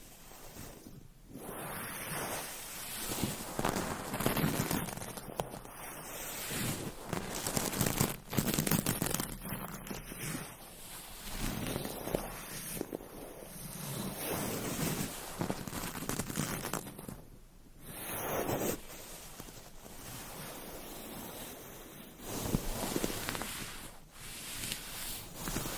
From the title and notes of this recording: ASMR Scratching , Tapping & Massage with DIFFERENT Mics , Items & Nails No Talking.